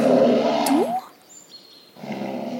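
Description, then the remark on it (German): A loud, rough grizzly bear roar played back from a tape, with a rising growl that cuts off into a brief lull of faint high whistling tones before the harsh rumbling resumes. “Du hast nur das Band abgespielt.”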